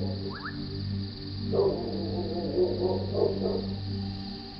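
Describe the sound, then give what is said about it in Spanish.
A dog howls in the distance, a few faint wavering cries rising and falling over a steady low hum, with no voices. “Un perro aullaba, muy lejos.”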